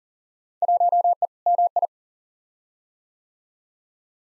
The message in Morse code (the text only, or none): 1E MI